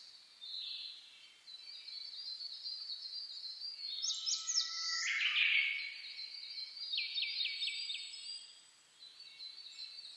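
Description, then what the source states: Several birds singing in a high chorus of whistles and twitters, with a dense burst midway and a quick run of about five clicking notes later. Dawn chorus (reimei) of birdsong (saezuri), recorded on 10 May 2010 at 04:01.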